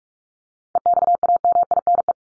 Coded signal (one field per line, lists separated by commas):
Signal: Morse code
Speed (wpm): 44 wpm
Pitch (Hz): 700 Hz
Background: none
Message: EXAMINE